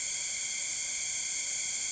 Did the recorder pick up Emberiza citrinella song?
no